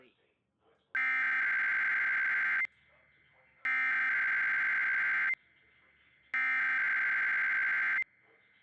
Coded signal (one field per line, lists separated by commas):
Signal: Emergency Alert System (SAME) tones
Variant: header bursts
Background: speech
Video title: IP - Required Weekly Test - NO EAS